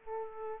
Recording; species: mosquito wingbeat signal from an infrared sensor; Aedes aegypti